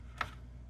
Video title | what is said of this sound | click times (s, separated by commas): STAR WARS THE CLONE WARS "THE RISE OF BOBA FETT" ULTIMATE BATTLE PACK SLAVE 1 REVIEW! | And that should lock into place. | 0.2 s